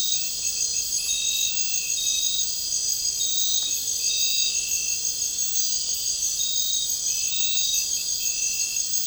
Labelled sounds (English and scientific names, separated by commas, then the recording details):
none
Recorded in dense forest near Puerto Asís, Putumayo, Colombia, on 9 March 2025 at 02:30
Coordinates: 0.467, -76.328
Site G041